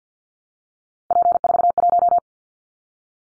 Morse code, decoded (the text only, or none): P41